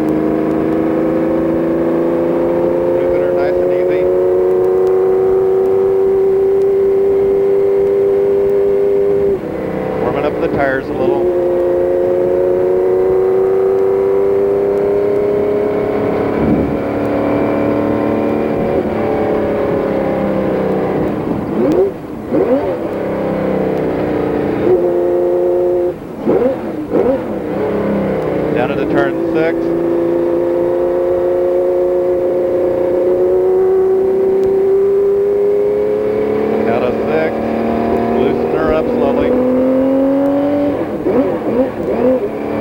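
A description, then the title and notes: Race car laps around Riverside, the engine note climbing steadily through the gears, then dropping sharply for corners at roughly 10, 16, 22, 25 and 29 seconds before winding up again. The loud, dense roar never lets up, with quick gear changes breaking it. Porsche 917K. This is the same car driven by John Thomas that is featured in the sound files recorded by Mike Parris at Riverside International Raceway in 1980. Four hot laps around Riverside.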